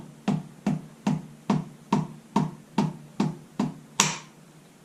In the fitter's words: there it is you hear it snap in the bottom